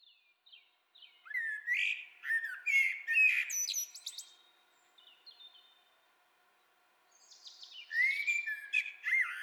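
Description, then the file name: Common blackbird song: low, fluty warbled phrases with squeaky high twitters, a pause of about two seconds, then another rich phrase. "Turdus merula"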